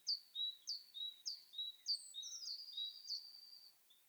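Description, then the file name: Great tit calls: sharp, high paired notes repeated several times, running into a thin, rapid, level trill. "Parus major"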